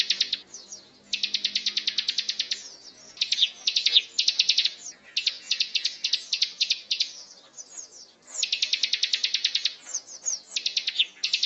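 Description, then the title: Prinia song: long, fast, buzzy high trills alternating with short sharp chirps and downslurred whistles, almost continuous with brief pauses. Known locally as ciblek gunung; a masteran recording, used to train songbirds, of an energetic, persistently singing bird. "Burung Ciblek Gunung Masteran Gacor Kicau Mania"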